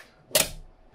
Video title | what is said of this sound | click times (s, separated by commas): SDG #181 Riden Power Supply Chassis and Power Supply Assembly RD6012 RD6006 | and clicks in that gives quite a nice satisfying click and holds it all in place | 0.4 s